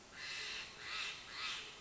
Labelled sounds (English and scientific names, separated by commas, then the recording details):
Steller's Jay (Cyanocitta stelleri)
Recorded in Sonoma County, California